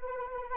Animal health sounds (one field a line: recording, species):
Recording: mosquito wingbeat signal from an infrared sensor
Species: Anopheles arabiensis